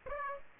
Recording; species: mosquito wingbeat signal from an infrared sensor; Aedes aegypti